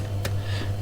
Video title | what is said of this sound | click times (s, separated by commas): How to fit the DD H2Ocean P4 standard dosing pump. | and then that locks in place that's really nice and secure it's | 0.2 s